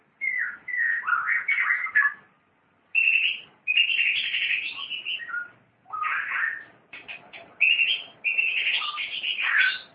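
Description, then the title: Long-tailed shrike song: varied chattering and whistled phrases in bursts separated by short pauses. "Kicau Burung Pentet"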